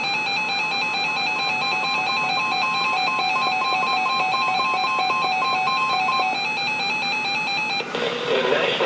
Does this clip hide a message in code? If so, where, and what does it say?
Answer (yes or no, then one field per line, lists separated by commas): no